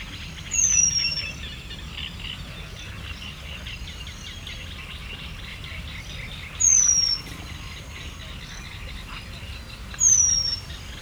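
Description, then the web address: Eurasian penduline tit calling a sharp, high downslurred whistle three times against a steady background chorus of birds. Hortobágy National Park, 2 May 2013; long-lasting penduline tit calling. "allathangok hortobagyinemzetipark 2013 fuggocinege kakukk hosszantartoanfuggocinege esmasok 2013 majus 02"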